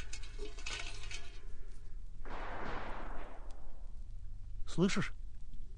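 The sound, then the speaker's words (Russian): A single burst of gunfire cracks out and rolls away in a long, rumbling decay over a steady low hum, followed moments later by a short sharp clatter. “Слышишь? Что это за стрельба?”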